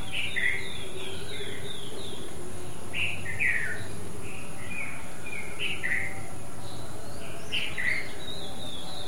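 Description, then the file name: Babbler calls: short, bright chirping bursts in loose clusters, some paired, with a constant low background rumble. "White eye babbler other"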